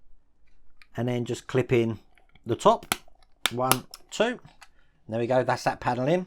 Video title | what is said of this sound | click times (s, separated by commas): Agora Models Build the 1961 E-Type Jaguar 1:8 Scale - Pack 2 - Stages 8-15 | gaan we eerst de deurbekledingskaart op de bodem plaatsen en klik | 0.8 s